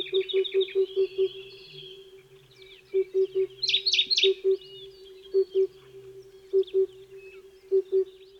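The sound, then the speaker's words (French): Small passerine songbirds sing with bright, high chirps and twittering trills, over a steady run of low, hollow notes repeated in short pairs and groups. No one speaks. “Quant à la Sibérie, j'y étais allé il y a 10 ans, et puis là, c'était pour collecter pour un inventaire des oiseaux du paléarctique, enfin de tous les oiseaux, des petits passereaux.”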